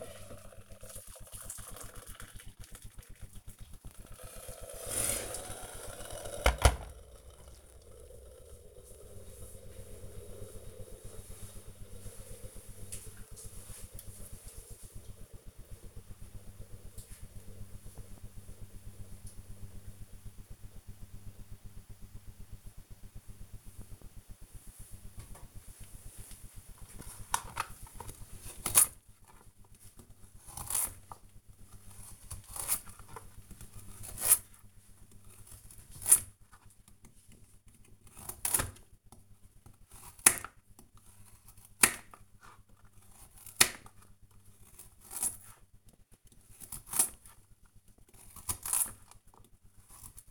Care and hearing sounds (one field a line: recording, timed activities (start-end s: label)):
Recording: household activities, microphone on the right wrist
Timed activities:
0.00-6.86 s: making tea
24.97-50.31 s: cutting vegetables